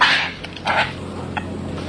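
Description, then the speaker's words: Yellow-crowned Night Heron giving two short, harsh squawks, then a faint click, over a steady low hum. Wading bird that sounds less elegant than it looks. "It's the yellow-crowned night heron, which looks more elegant than it sounds."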